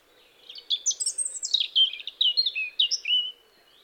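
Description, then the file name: European robin song phrase, a rapid cascade of high, sweet, descending and warbling notes lasting about three seconds, clear against near silence. "Erithacus rubecula"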